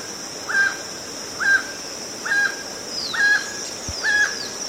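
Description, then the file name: Emerald toucanet uttering rasping croaks at a steady pace, five notes in a row, with insects droning and a faint thin call from another bird. "Canto do tucaninho verde"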